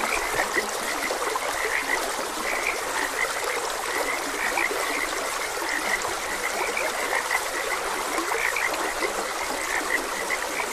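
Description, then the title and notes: Frogs call in short repeated croaks across the whole stretch, blended with the continuous wash of running water. Frogs croaking beside a gentle stream. "Gentle Stream and Frogs Croaking. Sleep and Relaxation Podcast"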